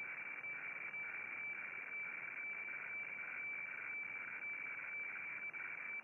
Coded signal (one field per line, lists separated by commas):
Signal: weather fax (radiofax)